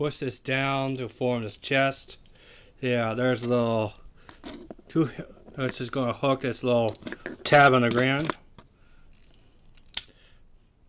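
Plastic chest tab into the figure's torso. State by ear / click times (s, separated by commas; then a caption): seated / 10.0 s. Someone talks while transforming a plastic Transformers Generations Red Alert action figure, hooking a small tab on the chest piece and pushing it into the figure's torso. After a few faint plastic ticks, a sharp, loud snap at 10.0 s marks the chest tab seating into place.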